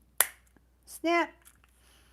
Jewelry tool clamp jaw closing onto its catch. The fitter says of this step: okay but you see how it clamps down once a little quite tight you can hear it snap